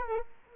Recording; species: mosquito wingbeat signal from an infrared sensor; Culex quinquefasciatus